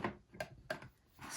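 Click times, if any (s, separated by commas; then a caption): 0.4 s, 0.7 s. A plastic punch housing is slid along a trimmer track until its notches line up and it locks in place a little bit. Short tick-like clicks are heard, with the locking clicks at 0.4 s and 0.7 s. The housing is seated on the track.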